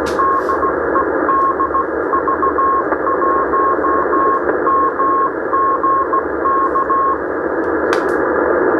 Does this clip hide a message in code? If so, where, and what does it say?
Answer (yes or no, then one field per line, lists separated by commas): yes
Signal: Morse code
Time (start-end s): 0.2-7.1 s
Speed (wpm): 15 wpm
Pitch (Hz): 1080 Hz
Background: none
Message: DE DV1MG K